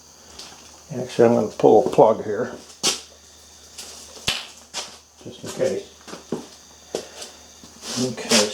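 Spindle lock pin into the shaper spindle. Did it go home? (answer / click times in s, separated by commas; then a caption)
no / none. Someone talks while working the spindle lock pin into the spindle of an unplugged Bridgewood 2 hp wood spindle shaper, with brief sharp sounds at about 0.4, 4.3, 6.3 and 7.0 seconds. The lock pin does not latch into the spindle because it is suspected to be bent, so nothing has seated or clicked yet.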